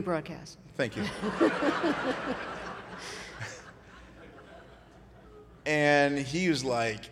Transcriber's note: laughter